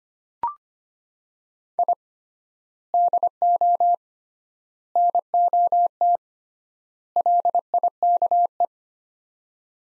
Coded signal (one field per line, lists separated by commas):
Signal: Morse code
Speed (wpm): 25 wpm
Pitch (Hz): 700 Hz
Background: none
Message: I DO NOT LIKE